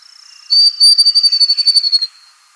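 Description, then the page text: Grey-throated babbler song: a high thin tone followed by a rapid series of pulsed, whistled notes lasting about one and a half seconds. "Grey-Throated Babbler Song. Quick Sounds"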